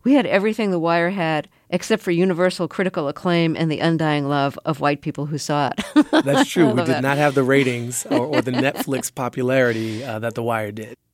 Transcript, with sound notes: We had everything "The Wire" had except for universal critical acclaim and the undying love of white people who saw it. (LAUGHTER) I love that.
That's true, we did not have the ratings or the Netflix popularity that "The Wire" did.